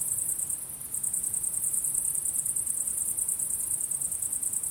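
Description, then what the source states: Cricket chirping in a dense, continuous high-pitched pulsing trill. Recorded at sunset.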